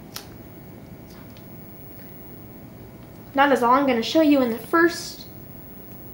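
A plastic Nunchuk extension plug is pulled out of a Wii Remote's expansion port after its side tabs are squeezed. A sharp snap at 0.16 s marks the latch letting go, followed by quiet, and then someone talks from about 3.4 s. The plug is released.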